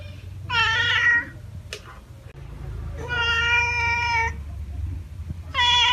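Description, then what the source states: Domestic cat giving drawn-out meows: a shorter bending call, then a long level one, and another starting at the end. Cat meowing to chase away mice.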